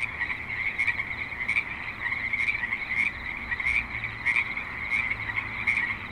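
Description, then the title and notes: Dense frog chorus of overlapping croaks, short notes repeating steadily, with low traffic rumble in the background. Frogs at a creek in Spanish Springs, Nevada, with light traffic and other suburban sounds. "Frogs in Spanish Springs, NV - creek view. Frogs with light traffic and other suburban sounds"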